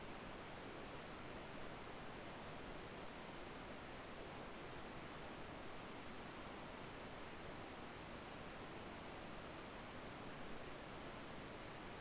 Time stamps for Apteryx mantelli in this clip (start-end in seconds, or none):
none